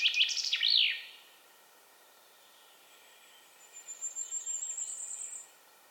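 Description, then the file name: Common chaffinch song: the tail of a quick descending phrase ending in a flourish, then a separate thin, high, drawn-out whistle with faint notes behind it. "Fringilla coelebs"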